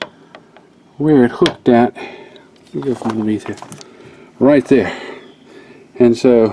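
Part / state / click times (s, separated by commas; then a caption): plastic hook/clip into car door lock latch assembly / not seated / none. During a door lock actuator repair on a 2007 Honda CR-V, a plastic hook or clip is handled at the car door lock latch assembly, with brief faint ticks near the start while someone talks. The clip has not seated or clicked into place yet.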